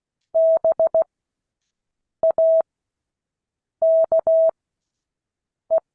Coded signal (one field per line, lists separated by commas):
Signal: Morse code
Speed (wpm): 16 wpm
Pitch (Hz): 650 Hz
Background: none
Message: BAKE